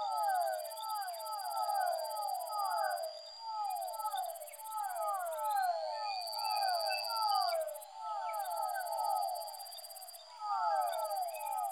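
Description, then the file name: Fischer's dwarf frog chorus: overlapping calls, each a plaintive whine dropping in pitch, roll on continuously while a shrill buzzing pulses in long stretches with short breaks. Soundscape composition built from amphibian vocalizations. "soundscape with amphibian vocalizations of physalaemus fischeri"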